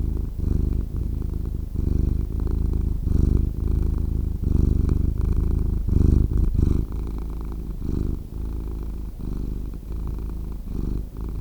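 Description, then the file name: Cat purr, deep and continuous, swelling and dipping with each breath, short pauses marking the breath changes. "Cat Purring Sound"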